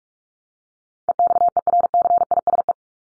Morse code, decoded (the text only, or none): EXERCISE